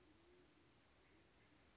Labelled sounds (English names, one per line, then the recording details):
Band-tailed Pigeon
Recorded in Sonoma County, California